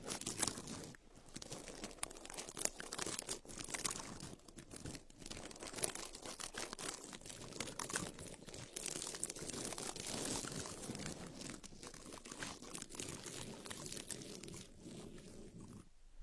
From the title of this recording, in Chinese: 抠耳朵